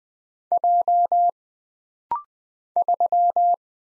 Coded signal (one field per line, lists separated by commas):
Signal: Morse code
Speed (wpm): 20 wpm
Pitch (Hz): 700 Hz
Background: none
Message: J 3